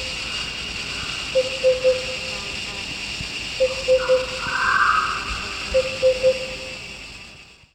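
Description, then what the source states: Sunda lesser cuckoo calling low, pure, hooting notes in groups of three, each phrase repeated about every two seconds, over a steady mechanical hum. Recorded 1 March 2008.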